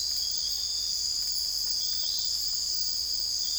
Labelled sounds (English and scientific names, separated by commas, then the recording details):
none
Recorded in dense forest near Puerto Asís, Putumayo, Colombia, on 21 December 2024 at 04:00
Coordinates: 0.485, -76.318
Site GP03